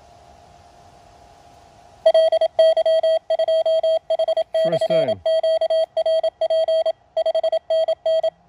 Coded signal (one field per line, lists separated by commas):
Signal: Morse code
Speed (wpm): 26 wpm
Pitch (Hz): 660 Hz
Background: none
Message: LY2H/QRP 5NN